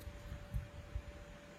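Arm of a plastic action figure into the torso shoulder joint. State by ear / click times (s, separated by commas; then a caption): not seated / none. The plastic arm of a Blokees Champion Class Saint Seiya Leo Aiolia brick-built action figure is handled and pushed gently toward the shoulder socket in its torso, slowly and without forcing so the plastic does not break. Soft low thumps of handling near 0.1, 0.6 and 1.0 s sit over a steady background hum with a faint constant tone. Nothing has seated or clicked yet.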